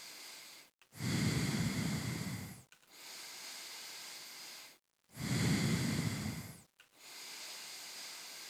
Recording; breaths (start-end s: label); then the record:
nose breathing near a microphone
0.00-0.80 s: inhalation
0.80-2.70 s: exhalation
2.70-4.90 s: inhalation
4.90-6.80 s: exhalation
6.80-8.50 s: inhalation
From the record:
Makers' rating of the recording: medium